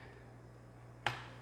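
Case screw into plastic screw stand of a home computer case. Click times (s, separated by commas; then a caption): 1.1 s. A case screw sitting in a plastic screw stand of a Commodore 64 case is turned a little counterclockwise against a steady low hum, until a single sharp click at 1.1 s as it drops into the existing thread. The screw is seated on the original thread, so it will not cross-thread.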